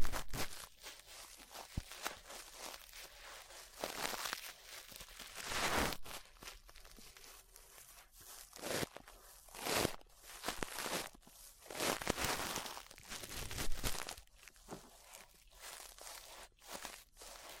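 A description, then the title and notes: Dry brushing strokes sweep past the ear in soft bursts, some longer swishes near 6, 10 and 12 seconds, with quick scratchy crinkles between them. The rhythm is irregular, every second or two. ASMR Relaxing 3Dio Ear Brushing (No Talking).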